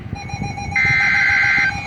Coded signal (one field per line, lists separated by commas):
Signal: Emergency Alert System (SAME) tones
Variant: header bursts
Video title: EAS/NWR Alert or message #1125-1127: Double header Areal Flood Warnings #3 and 4